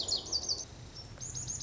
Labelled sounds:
Lazuli Bunting
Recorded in Sonoma County, California

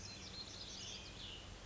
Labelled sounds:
Cassin's Vireo
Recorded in Sonoma County, California

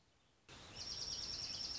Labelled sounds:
Dark-eyed Junco
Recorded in Sonoma County, California

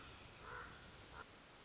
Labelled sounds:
Common Raven
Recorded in Sonoma County, California

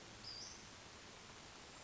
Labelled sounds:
Western Flycatcher
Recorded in Sonoma County, California

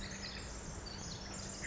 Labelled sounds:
Pacific Wren
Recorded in Sonoma County, California

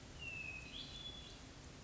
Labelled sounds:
Hermit Thrush
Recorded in Sonoma County, California

